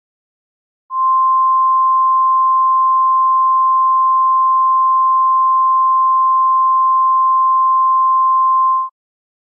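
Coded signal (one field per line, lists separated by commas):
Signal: Emergency Alert System (SAME) tones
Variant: 1050 Hz attention tone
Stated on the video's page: Simulated EAS SAME header from an Android EAS Simulator app.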